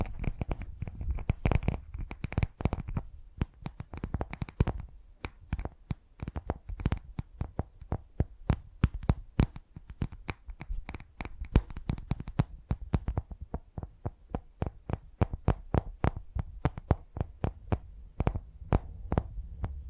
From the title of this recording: Brain Tingly Tapping Sounds